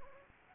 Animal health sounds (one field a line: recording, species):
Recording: mosquito wingbeat signal from an infrared sensor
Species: Anopheles arabiensis